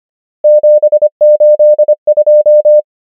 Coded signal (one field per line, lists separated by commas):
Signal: Morse code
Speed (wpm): 25 wpm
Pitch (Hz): 600 Hz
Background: none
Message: 7 8 2